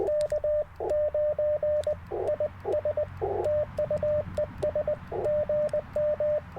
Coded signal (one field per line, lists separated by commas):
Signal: Morse code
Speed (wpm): 20 wpm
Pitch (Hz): 600 Hz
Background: radio noise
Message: K9IS TU ES GM